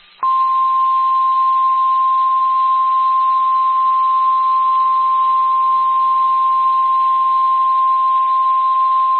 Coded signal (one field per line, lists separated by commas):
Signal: Emergency Alert System (SAME) tones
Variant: 1050 Hz attention tone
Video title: Confirmed Tornado Warning (EAS 241)